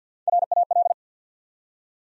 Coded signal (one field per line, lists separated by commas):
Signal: Morse code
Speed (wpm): 48 wpm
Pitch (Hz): 700 Hz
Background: none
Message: RAL